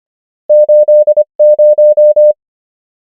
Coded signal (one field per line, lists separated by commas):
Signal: Morse code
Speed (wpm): 25 wpm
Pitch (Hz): 600 Hz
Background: none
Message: 80